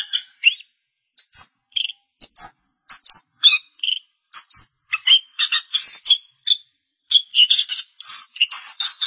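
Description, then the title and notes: Long-tailed shrike song, a fast varied run of high chirps, short whistled upslurs and scratchy notes, with brief pauses between bursts. "Pentet 201703. Suara burung pentet"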